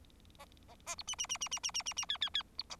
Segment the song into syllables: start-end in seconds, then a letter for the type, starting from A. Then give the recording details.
0.39-0.45 A, 0.68-0.75 A, 0.86-0.95 A, 0.98-1.03 B, 1.07-1.15 C, 1.18-1.26 C, 1.29-1.38 C, 1.41-1.49 C, 1.51-1.59 C, 1.63-1.71 C, 1.74-1.83 C, 1.85-1.93 C, 1.96-2.05 C, 2.09-2.17 D, 2.21-2.29 D, 2.34-2.43 D, 2.58-2.63 B. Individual Bird4